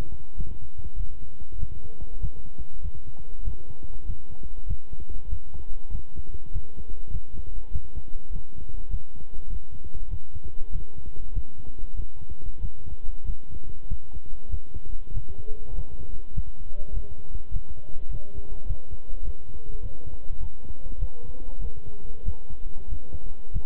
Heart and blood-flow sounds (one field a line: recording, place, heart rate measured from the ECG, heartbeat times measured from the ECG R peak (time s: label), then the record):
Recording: heart sounds by stethoscope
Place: between the tricuspid and mitral areas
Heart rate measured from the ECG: 98 bpm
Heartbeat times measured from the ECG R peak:
0.35 s: heartbeat
0.95 s: heartbeat
1.58 s: heartbeat
2.19 s: heartbeat
2.80 s: heartbeat
3.43 s: heartbeat
4.05 s: heartbeat
4.66 s: heartbeat
5.28 s: heartbeat
5.90 s: heartbeat
6.51 s: heartbeat
7.10 s: heartbeat
7.71 s: heartbeat
8.30 s: heartbeat
8.89 s: heartbeat
9.47 s: heartbeat
10.08 s: heartbeat
10.70 s: heartbeat
11.32 s: heartbeat
11.94 s: heartbeat
12.60 s: heartbeat
13.24 s: heartbeat
13.87 s: heartbeat
14.49 s: heartbeat
15.12 s: heartbeat
15.73 s: heartbeat
16.33 s: heartbeat
16.92 s: heartbeat
17.51 s: heartbeat
18.09 s: heartbeat
18.65 s: heartbeat
19.22 s: heartbeat
19.80 s: heartbeat
20.38 s: heartbeat
20.98 s: heartbeat
21.59 s: heartbeat
22.23 s: heartbeat
22.87 s: heartbeat
23.51 s: heartbeat
From the record:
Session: walking at 3.7 km/h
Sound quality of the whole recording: good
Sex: male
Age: 26 years